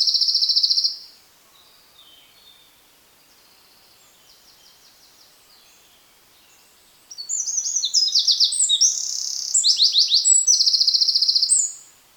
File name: Troglodytes troglodytes